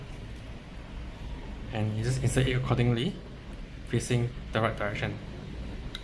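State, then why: Not seated. A battery is being handled for insertion, facing the right direction, into the battery holder of a smart lock while someone talks. The clip ends before the battery goes home, and nothing has seated or clicked yet.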